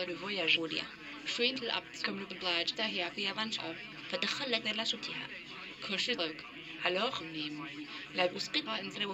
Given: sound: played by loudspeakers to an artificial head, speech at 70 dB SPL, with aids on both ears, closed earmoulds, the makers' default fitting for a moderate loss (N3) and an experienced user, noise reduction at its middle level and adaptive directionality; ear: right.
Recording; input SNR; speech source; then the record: speech test signal (ISTS) in cocktail-party noise; +6 dB; on the right (90 degrees)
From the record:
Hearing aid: class 1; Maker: D